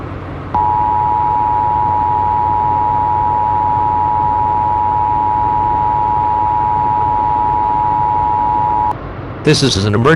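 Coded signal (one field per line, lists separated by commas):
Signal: Emergency Alert System (SAME) tones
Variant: 853 and 960 Hz attention tone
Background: speech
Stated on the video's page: Fictional mock scenario about an asteroid impact; contains valid tones.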